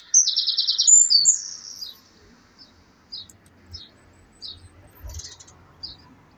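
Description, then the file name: Eurasian wren song: a short, very high, machine-gun trill and sharp notes, then scattered faint chirps over a low background rumble. "Troglodytes troglodytes"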